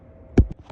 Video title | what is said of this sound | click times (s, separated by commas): How to Replace a Maxwell 1200VW anchor windless w/ a 1500VW on a sail boat w/ Mary Beth and Stephen | And you know it's back in when you hear a little click, which I just heard. | 0.4 s